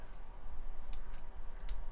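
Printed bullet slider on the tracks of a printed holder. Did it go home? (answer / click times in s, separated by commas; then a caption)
yes / 0.9 s, 1.7 s. A 3D-printed "bullet" slider is pushed along the plastic tracks of a printed holder. Two short clicks sound at 0.9 s and 1.7 s as it slides in and seats correctly.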